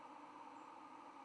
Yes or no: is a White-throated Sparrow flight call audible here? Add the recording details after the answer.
yes. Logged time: 08:44 on 10 November 2014